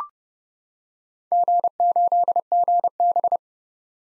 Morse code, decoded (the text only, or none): G8GB